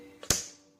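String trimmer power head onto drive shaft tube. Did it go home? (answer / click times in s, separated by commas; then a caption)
yes / 0.3 s. A string trimmer's power head is slid onto the drive shaft tube, and a locking pin engages a notch in the shaft. A softer tap at about 0.2 s is followed by a sharp, bright click at 0.3 s, with a brief ringing tail. The power head is seated and locked onto the shaft.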